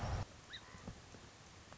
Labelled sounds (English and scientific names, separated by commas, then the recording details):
Song Sparrow (Melospiza melodia)
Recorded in Sonoma County, California